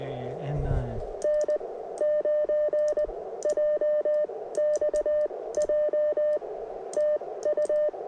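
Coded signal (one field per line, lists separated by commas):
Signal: Morse code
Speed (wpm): 19 wpm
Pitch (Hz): 600 Hz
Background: speech, radio noise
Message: N9JXJ TU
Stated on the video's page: POTA activation making CW contacts on 17 meters with a magmount vertical and Elecraft K2.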